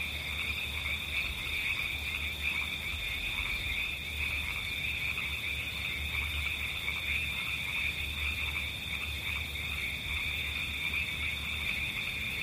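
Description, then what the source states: Frog calls come as soft, rapid pulses half-buried in constant white-noise hiss, with a low hum underneath. River frogs.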